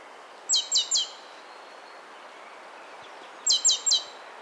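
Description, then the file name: Great tit calling two quick bursts of three sharp, ringing high notes, spaced about three seconds apart, against constant soft background noise. "Parus major"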